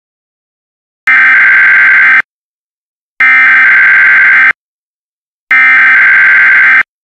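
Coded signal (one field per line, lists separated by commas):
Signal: Emergency Alert System (SAME) tones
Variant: header bursts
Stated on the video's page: Mock-up Red Flag Warning, with audio based on an actual warning issued that day.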